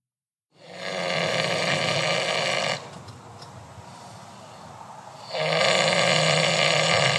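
Two long, rough snoring breaths, each about two seconds, are separated by a quieter pause, giving a slow rhythm of roughly 13 breaths a minute. The snores have a low, buzzing rattle. This is a pig sleeping and snoring at the Johnny Cash Ranch.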